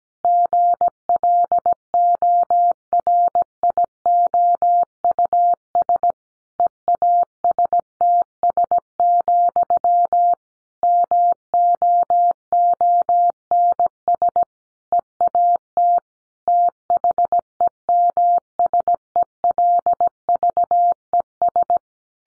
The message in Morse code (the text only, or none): GLORIOUS EASTS, MOONS EAT THEMSELVES